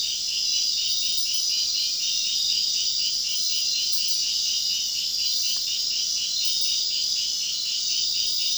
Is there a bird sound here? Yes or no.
no